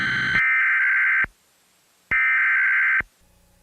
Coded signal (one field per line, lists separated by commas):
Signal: Emergency Alert System (SAME) tones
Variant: header bursts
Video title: [EAS YTP] Severe Flash Tornado Thunderstorm Warning